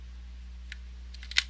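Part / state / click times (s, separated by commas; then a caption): magnetized miniature base onto magnetic holder / seated / 1.4 s. A magnetized miniature base is set down onto a magnetic holder, with faint light clicks at 0.7, 1.1 and 1.3 seconds over a steady low hum. At 1.4 seconds comes the sharpest, loudest click as the magnets snap together, and the base is seated in place.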